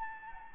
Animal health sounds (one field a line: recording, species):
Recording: mosquito wingbeat signal from an infrared sensor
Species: Anopheles gambiae